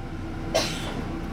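A woman carrying a heavy suitcase coughs once, briefly, while riding a bus towards Kastrup, with steady vehicle rumble in the background.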